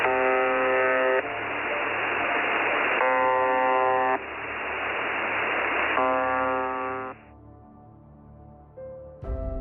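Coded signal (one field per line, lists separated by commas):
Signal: unidentified radio signal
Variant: UVB-76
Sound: three harsh one-second buzzes, about three seconds apart, with loud hiss between them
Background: radio static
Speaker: Pour vous faire une petite opinion, voici ce qu'on entend en permanence dans cette mystérieuse station de radio.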